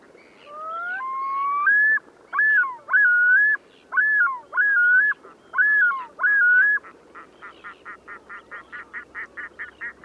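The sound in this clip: Bird calling with a rising whistle, then about six repeated slurred whistles that climb and drop, ending in a rapid run of short pulsed notes.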